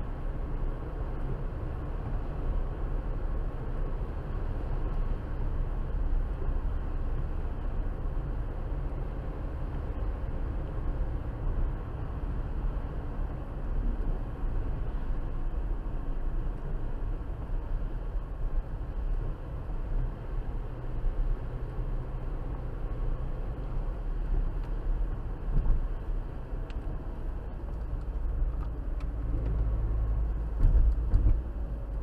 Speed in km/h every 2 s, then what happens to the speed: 89, 89, 92, 90, 85, 87, 85, 82, 76, 72, 74, 76, 76, 71, 64, 64.
0-11 steady at about 89. 11-18 slows to 72. 18-24 steady at about 74. 24-32 slows to 64.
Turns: none.